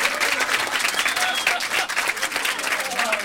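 A crowd breaks into steady, dense applause, many hands clapping at once in a continuous wash of sound, with faint cheering or voices mixed in.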